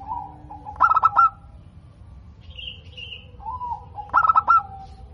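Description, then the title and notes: Zebra dove song: a soft low coo, then a quick burst of stuttering pulsed notes, with a higher thin whistle between phrases; the phrase repeats after about three seconds. Local perkutut singing actively (gacor), described as having a clear, crystal-like loud voice. "PERKUTUT LOKAL GACOR Suara KRISTAL LANTANG. Kicau Burung Perkutut"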